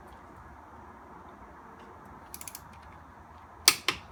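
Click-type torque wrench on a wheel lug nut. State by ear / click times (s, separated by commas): torque reached / 3.7 s, 3.9 s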